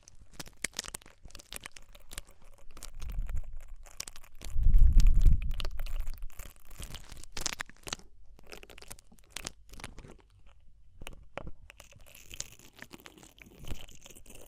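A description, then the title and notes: Ear cleaning sounds: a dense run of crackling, rustling clicks and scratches that never quite stops. Two deep, muffled pushes swell up around the third and fifth seconds, the second one louder. Toward the end the crackle turns thinner, brighter and more hissing. DEEP Ear Penetrating Cleaning.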